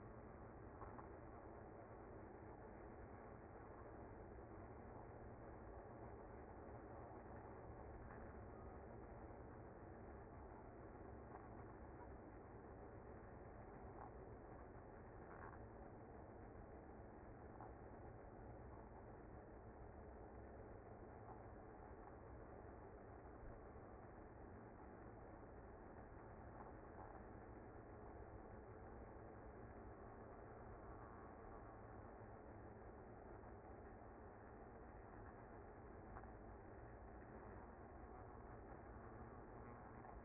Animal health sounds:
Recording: honeybee colony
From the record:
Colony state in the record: active

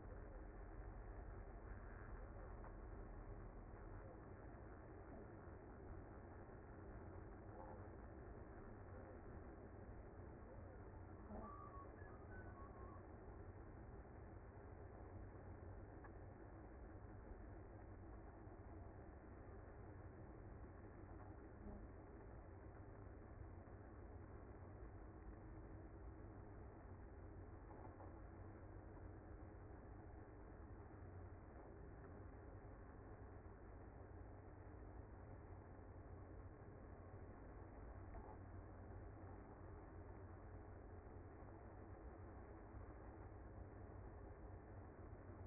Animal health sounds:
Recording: honeybee colony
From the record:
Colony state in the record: active

